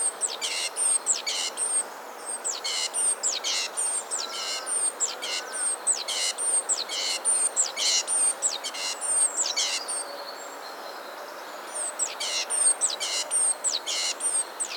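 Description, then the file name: Great tit giving repeated high, falling whistles mixed with buzzy rattling notes about once a second, briefly pausing near the tenth second before resuming; faint soft whistles underneath. "Parus major"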